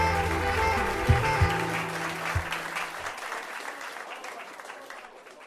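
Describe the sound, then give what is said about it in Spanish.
An audience at the show Demasiado Tarde claps steadily, a dense wash of many hands that gradually thins and fades out, with some low tonal music underneath at the start. “Bueno, muchas gracias por las palmas.”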